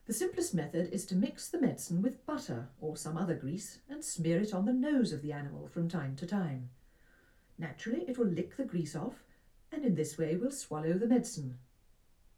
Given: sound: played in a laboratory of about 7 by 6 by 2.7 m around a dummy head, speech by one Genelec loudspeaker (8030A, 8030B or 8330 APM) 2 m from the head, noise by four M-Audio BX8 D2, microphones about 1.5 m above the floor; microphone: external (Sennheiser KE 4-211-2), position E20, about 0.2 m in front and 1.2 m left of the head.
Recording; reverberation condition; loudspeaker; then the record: female speech in English; low; 150 degrees to the right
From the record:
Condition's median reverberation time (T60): about 310 ms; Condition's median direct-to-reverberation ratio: about 3.5 dB